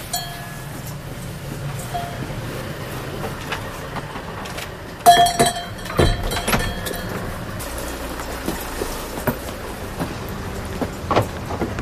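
A greeting bell, installed by the grandfather to greet and see off guests, rings out with a bright metallic strike partway through, then a few lighter clinks follow, all over a steady low background rumble with no talking.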